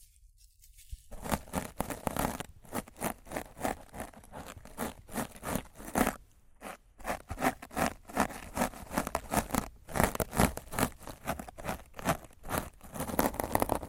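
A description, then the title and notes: Rough scratching and brushing against a microphone in quick, uneven strokes, dense and raspy, starting after a near-silent first second with brief pauses. ASMR Rough Mic Scratching & Brushing (No Talking).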